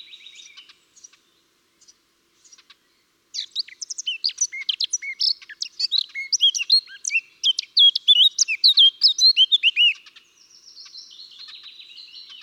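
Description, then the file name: Eurasian blackcap singing. A few quiet notes lead into a rich, rapid warble of fluty whistles, then a faint, scratchy chatter at the end. "Sylvia atricapilla"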